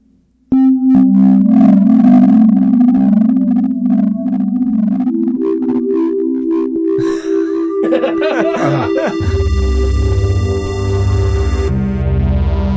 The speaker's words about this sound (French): Avec la distorsion pis tout.